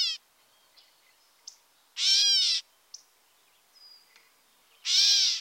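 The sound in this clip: Gray catbird giving two loud, nasal, cat-like mewing calls about three seconds apart, with a few faint short notes between them, after the end of another such call at the start.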